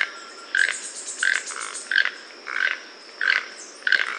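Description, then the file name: Toucan calls, hoarse croaking notes repeated steadily about every two-thirds of a second, each a short rasping yelp. "tucano"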